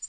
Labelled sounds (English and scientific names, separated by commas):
Black-throated Green Warbler (Setophaga virens) flight call